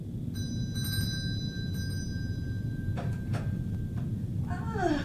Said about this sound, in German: Bedienen Sie die Klingel